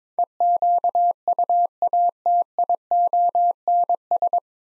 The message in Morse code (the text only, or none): EQUATIONS